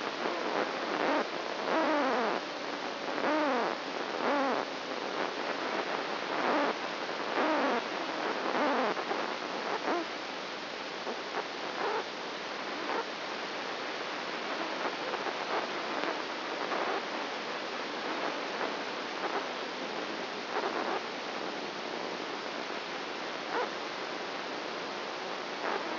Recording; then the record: brain microelectrode recording played as sound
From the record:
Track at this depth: outside the subthalamic nucleus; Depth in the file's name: 0.207 mm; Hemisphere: right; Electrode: 2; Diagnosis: Parkinson's disease